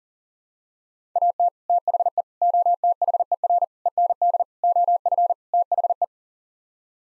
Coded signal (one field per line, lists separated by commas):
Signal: Morse code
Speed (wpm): 40 wpm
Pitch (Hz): 700 Hz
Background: none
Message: AT THE OTHER END OF THE